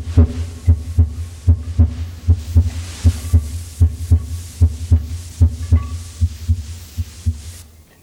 Normal S1 and S2 heart sounds. S1 is associated with the beginning of ventricular systole, and. S2 marks the end of ventricular systole.